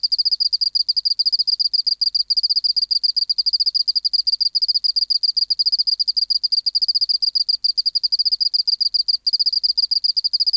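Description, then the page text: Oceanic field cricket song: continuous high trilling made of quick repeated pulses, barely pausing throughout. Recorded in the BMNH Acoustic Laboratory, 19 March 1984, 11:15 local time, 24 °C, 30% humidity, still air, dim light. "412:14 Teleogryllus oceanicus (514r2). BioAcoustica. Natural History Museum Sound Archive. Recording Location: BMNH Acoustic Laboratory Recorded by: W. J. Reynolds Date Recorded: Mandag, marts 19, 1984 Local time: 1115"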